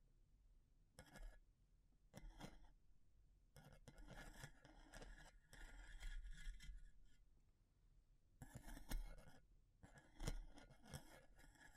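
Wood, bamboo and straw are rustled and scraped in irregular bursts, with crackling and brittle snapping around 1, 2, 4–6, 9 and 10 seconds.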